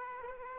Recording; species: mosquito wingbeat signal from an infrared sensor; Aedes aegypti